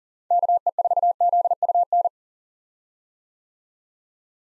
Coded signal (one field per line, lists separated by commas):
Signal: Morse code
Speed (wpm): 40 wpm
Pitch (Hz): 700 Hz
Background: none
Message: KE4ZUN